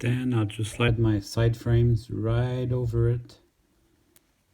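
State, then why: Seated. Someone talks while sliding the plastic side frames over the truck assembly of an N scale Atlas SD60 model locomotive. After the talking stops, a single sharp, short click at 4.2 s marks the side frame snapping into place on the truck.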